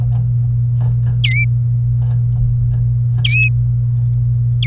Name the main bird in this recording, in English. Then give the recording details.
Domestic Canary. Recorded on 27 April 2018 at 09:09. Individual llb3